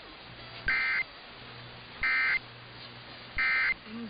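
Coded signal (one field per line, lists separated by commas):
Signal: Emergency Alert System (SAME) tones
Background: speech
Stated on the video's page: Compilation of EAS Required Monthly Tests and Required Weekly Tests.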